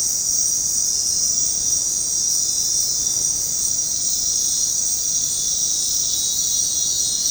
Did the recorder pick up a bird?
no